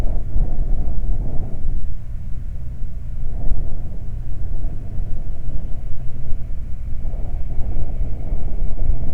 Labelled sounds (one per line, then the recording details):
wind
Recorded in the Prudhoe Bay oil fields, Alaska, on 12 July 2019 at 00:04
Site 29